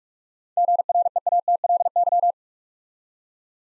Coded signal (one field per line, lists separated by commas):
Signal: Morse code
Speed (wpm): 44 wpm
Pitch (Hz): 700 Hz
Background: none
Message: GREATLY